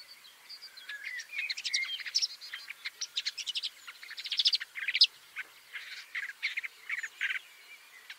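Woodchat shrike giving a busy, scratchy warble of rapid clicks, chatters and short whistled notes, with brief pauses and a few louder phrases.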